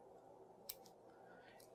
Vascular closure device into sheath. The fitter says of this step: Um, we'll push this in until we hear a click. Again, I'll be quiet.